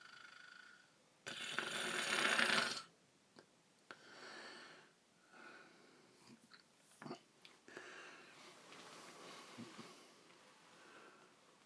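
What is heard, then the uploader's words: Snoring. A loud, rasping breath fills the stretch from about one to three seconds, followed by softer, uneven breathing sounds and brief snorts or clicks around four, seven and ten seconds. Myself snoring.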